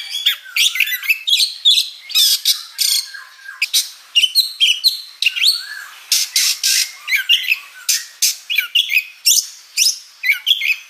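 Oriental magpie-robin song: loud, varied phrases of harsh squawks, sharp chips and whistled notes, delivered in rapid bursts throughout.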